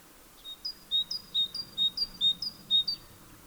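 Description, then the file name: Great tit giving a rhythmic series of about six see-saw two-note whistles, alternating high and low notes, over faint background noise. "Parus major"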